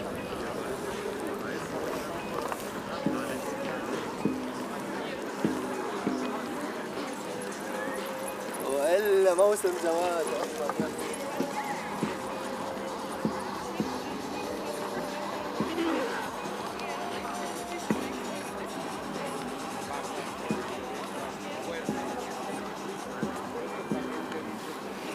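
A crowd of hundreds of people goes about their activities on the Tempelhofer Freiheit in Berlin, a steady murmur of many voices with scattered footsteps and small knocks. Around nine seconds a louder, wavering voice briefly rises above the crowd.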